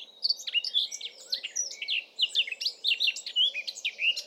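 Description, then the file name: Eurasian blackcap, a continuous rapid warble of varied chirps, squeaks and short whistles running without a break through the whole stretch. "Sylvia atricapilla"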